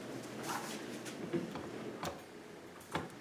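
A Nest thermostat display unit is handled and centered over its wall-mounted base before being pushed on, with soft rustling and a few short taps around 1.5 and 2.9 seconds. Nothing has seated or clicked yet; the display has not snapped onto the base by the end of the clip.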